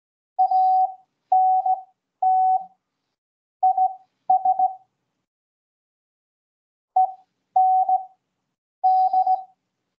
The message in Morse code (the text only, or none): ANT IS END